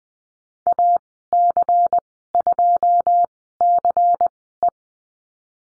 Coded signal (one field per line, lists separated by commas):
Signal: Morse code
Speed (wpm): 19 wpm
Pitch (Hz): 700 Hz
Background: none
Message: AC2CE